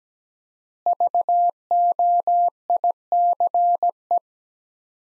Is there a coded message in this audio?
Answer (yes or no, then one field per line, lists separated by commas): yes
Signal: Morse code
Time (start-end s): 0.9-4.2 s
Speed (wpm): 17 wpm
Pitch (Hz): 700 Hz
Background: none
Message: VOICE